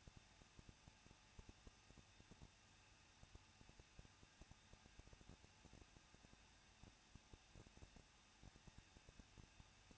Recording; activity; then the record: daily activity, microphone in the room; no activity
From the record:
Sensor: 2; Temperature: 21.0 degrees Celsius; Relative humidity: 37.3%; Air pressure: 1006.4 hPa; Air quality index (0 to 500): 220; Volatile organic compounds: 23 ppm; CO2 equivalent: 2778 ppm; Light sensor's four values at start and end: 2/3/2/2 and 2/3/2/2